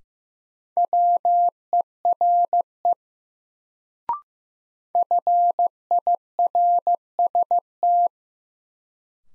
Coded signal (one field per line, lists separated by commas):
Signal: Morse code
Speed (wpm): 15 wpm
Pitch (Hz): 700 Hz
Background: none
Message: WERE FIRST